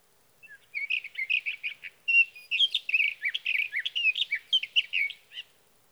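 Sage thrasher song, a long rambling stream of varied, rapid warbling phrases running for about five seconds.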